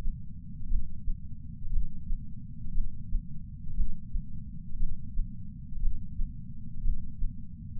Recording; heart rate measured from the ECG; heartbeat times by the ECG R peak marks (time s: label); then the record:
heart sounds by patch sensor on the chest; 59 bpm
0.69 s: heartbeat
1.71 s: heartbeat
2.73 s: heartbeat
3.76 s: heartbeat
4.78 s: heartbeat
5.81 s: heartbeat
6.83 s: heartbeat
From the record:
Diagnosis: coronary artery disease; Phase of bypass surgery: intraoperative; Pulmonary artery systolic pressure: 38 mmHg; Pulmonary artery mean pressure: 23 mmHg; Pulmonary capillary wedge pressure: 11 mmHg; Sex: male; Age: 74 years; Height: 175 cm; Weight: 66 kg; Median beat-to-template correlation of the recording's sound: 0.93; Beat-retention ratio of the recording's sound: 0.98